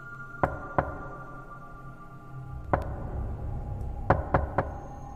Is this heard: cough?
no